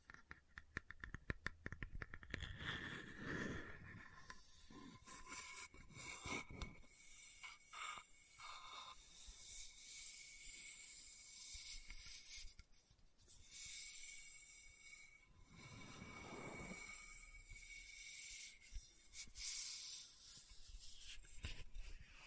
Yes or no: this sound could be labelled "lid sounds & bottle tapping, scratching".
yes